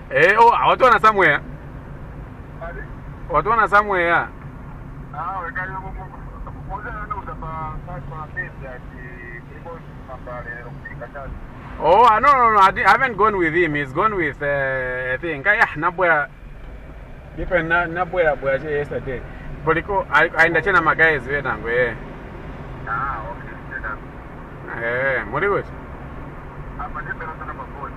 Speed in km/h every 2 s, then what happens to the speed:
23, 26, 26, 25, 24, 25, 25, 15, 12, 20, 28, 34, 37, 39.
0-12 steady at about 25. 12-16 slows to 12. 16-28 speeds up to 39.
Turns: none.